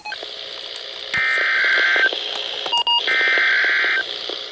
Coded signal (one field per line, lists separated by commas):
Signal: Emergency Alert System (SAME) tones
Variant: header bursts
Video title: Tornado Watch (EAS #125)